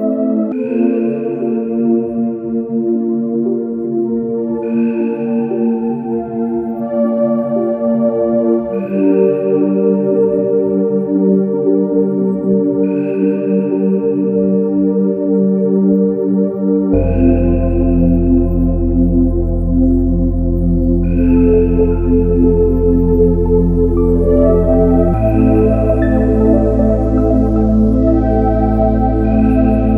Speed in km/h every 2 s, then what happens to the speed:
8, 13, 15, 15, 13, 10, 10, 15, 15, 11, 11, 16, 13, 13, 16.
0-3 speeds up to 15. 3-30 steady at about 13.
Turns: none.